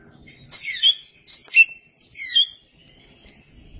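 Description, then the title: Oriental magpie-robin song of three quick, sharp whistled phrases, each dropping in pitch with scratchy accents, followed by a faint high note. Chirping song. "Suara Kicauan Burung Kacer"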